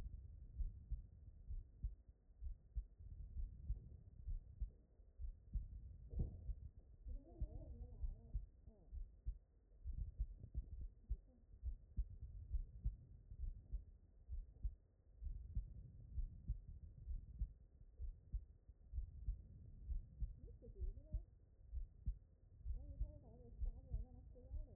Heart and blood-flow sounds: heart sounds by stethoscope; aortic valve (AV)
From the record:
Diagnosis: non-HFrEF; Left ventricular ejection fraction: 59%

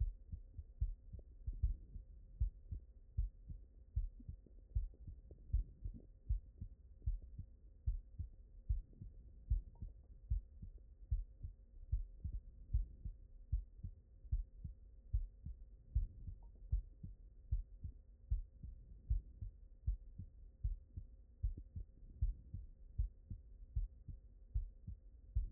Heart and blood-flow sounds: heart sounds by stethoscope; mitral valve (MV)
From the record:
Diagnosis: non-HFrEF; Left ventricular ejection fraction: 57%

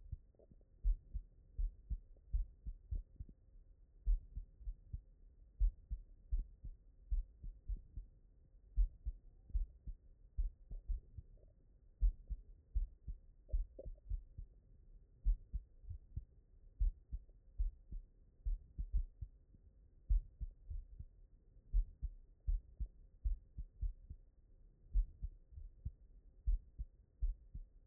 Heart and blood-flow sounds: heart sounds by stethoscope; mitral valve (MV)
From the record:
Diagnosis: non-HFrEF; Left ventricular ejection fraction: 56%

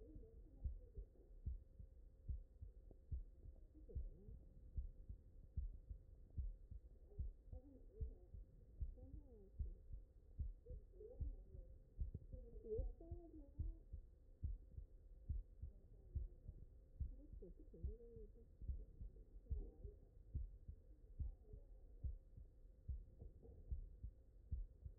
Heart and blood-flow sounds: heart sounds by stethoscope; mitral valve (MV)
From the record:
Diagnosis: non-HFrEF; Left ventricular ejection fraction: 58%

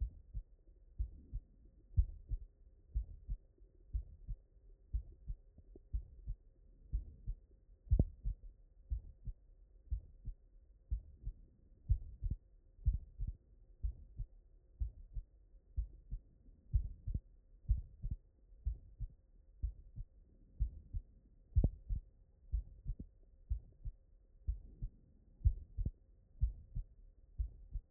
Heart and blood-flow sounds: heart sounds by stethoscope; mitral valve (MV)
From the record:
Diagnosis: non-HFrEF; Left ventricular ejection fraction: 46%

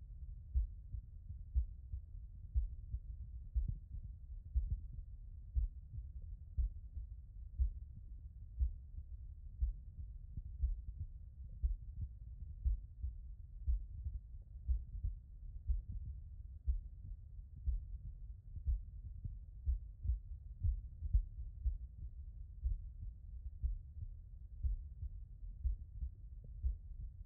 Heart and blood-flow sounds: heart sounds by stethoscope; tricuspid valve (TV)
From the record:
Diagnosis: non-HFrEF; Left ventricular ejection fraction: 48%

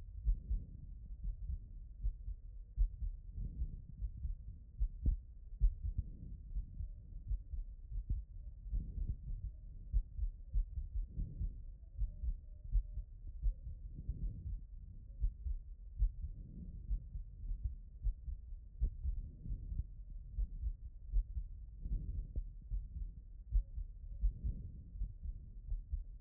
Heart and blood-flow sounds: heart sounds by stethoscope; aortic valve (AV)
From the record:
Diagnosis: non-HFrEF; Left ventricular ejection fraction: 48%

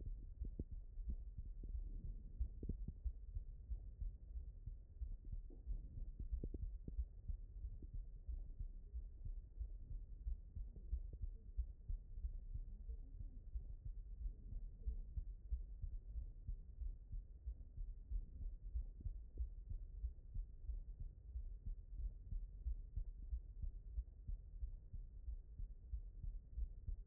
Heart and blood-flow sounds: heart sounds by stethoscope; aortic valve (AV)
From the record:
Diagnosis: non-HFrEF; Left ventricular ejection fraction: 47%

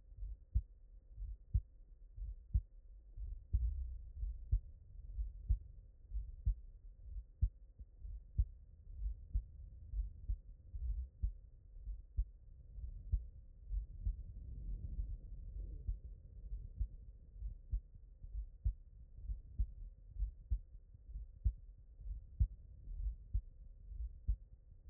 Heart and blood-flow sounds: heart sounds by stethoscope; mitral valve (MV)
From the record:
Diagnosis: HFrEF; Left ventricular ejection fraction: 32%

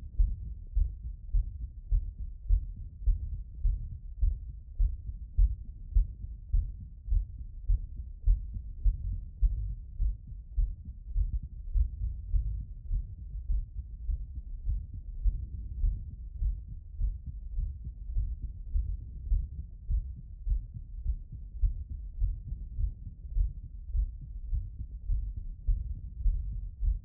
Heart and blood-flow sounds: heart sounds by stethoscope; pulmonary valve (PV)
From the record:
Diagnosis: non-HFrEF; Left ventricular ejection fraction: 65%

